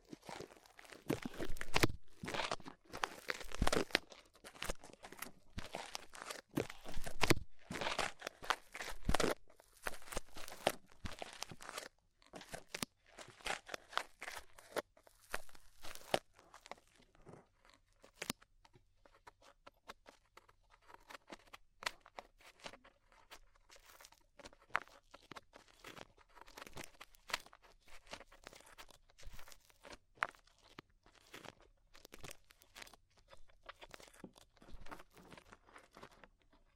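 Ear cleaning sounds with rhinestone and clay being picked and peeled away: dense, irregular crunchy crackles and short tearing scrapes. The first twelve seconds are loudest and busiest, with bright clustered bursts; afterward the crinkling turns softer and sparser, with a faint low hum underneath.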